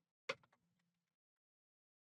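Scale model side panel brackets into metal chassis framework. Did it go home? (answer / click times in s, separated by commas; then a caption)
yes / 0.3 s. On a 1:8 scale DeAgostini Ford GT model car, the first side body panel is pushed into place so its two small top brackets hook onto the metal framework. A single sharp click at 0.3 s is followed by a few faint rattles and a short low ring that fades out. The panel locks into place at the top.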